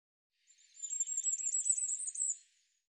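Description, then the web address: Bird singing a continuous high, squeaky twittering phrase of about two seconds, quiet and otherwise silent around it. "cianscape birddata Deverinetal 2025 File cleaned normalized Bird Cy Ca"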